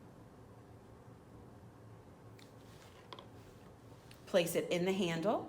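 The silicone cap is taken off the probe of a Liger HTU-110 Thermocoagulator, and the probe is lined up with the handle before being pushed in. Only faint handling ticks are heard around 2.4, 3.1, 3.2 and 4.1 seconds, then someone talks. The probe has not clicked into the handle yet.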